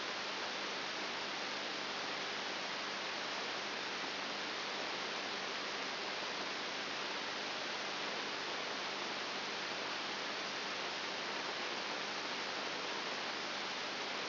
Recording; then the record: brain microelectrode recording played as sound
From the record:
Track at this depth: inside the subthalamic nucleus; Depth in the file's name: 5.5 mm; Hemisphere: right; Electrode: 3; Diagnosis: Parkinson's disease